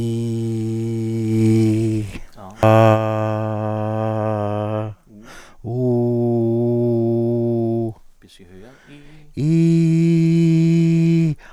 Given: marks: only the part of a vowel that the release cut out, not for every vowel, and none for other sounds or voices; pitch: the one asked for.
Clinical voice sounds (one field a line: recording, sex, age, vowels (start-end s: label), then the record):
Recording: sustained vowels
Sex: male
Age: 40 to 49 years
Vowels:
0.00-1.26 s: vowel /i/, normal pitch
3.01-4.65 s: vowel /a/, normal pitch
5.88-7.72 s: vowel /u/, normal pitch
9.50-11.17 s: vowel /i/, high pitch
From the record:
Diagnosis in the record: dysarthrophonia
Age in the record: 41 years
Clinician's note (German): Ausgeprägte laryngale Bewegungsstörung, langsame monotone Prosodie